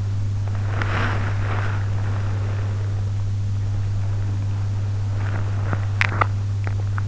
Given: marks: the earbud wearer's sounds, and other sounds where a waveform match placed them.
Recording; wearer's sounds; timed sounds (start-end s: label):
sounds in sleep by an in-ear microphone; body movement, teeth grinding
0.63-6.25 s: body movement
5.66-7.08 s: teeth grinding